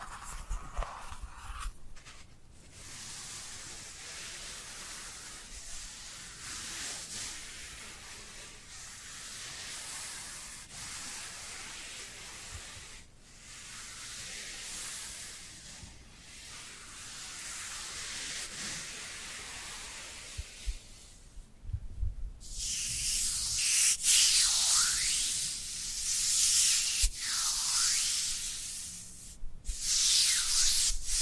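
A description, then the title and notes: Dry hands rub together in steady, hissing strokes with brief pauses, growing louder and brighter after about twenty-two seconds. Dry Dry Hand Sounds. (No Talking).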